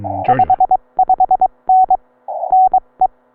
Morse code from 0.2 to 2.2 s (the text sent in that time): 55N